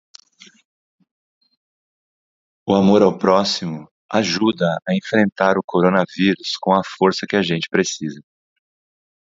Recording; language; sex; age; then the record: spoken sentence; Brazilian Portuguese; male; 30 to 39 years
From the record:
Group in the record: control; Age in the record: 34 years